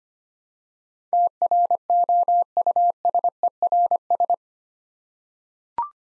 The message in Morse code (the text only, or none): TROUSERS